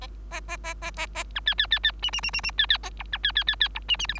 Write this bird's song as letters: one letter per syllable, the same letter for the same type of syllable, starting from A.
A A A A A A B C C C C D D D D D C C A E B C C C C E D D F G